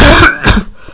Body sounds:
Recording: coughing

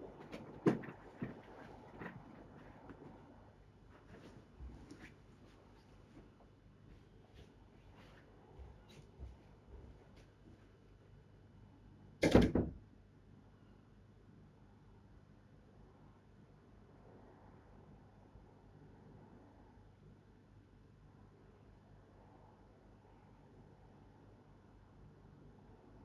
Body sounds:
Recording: background sound without coughing

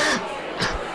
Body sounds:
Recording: coughing mixed with background sound

